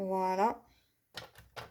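Someone talks briefly, then puts the plastic end cap back onto the paper trimmer rail because it had been clipped on badly. Short sharp handling knocks follow at about 1.2, 1.4 and 1.6 seconds. The cap has not seated or clicked home yet.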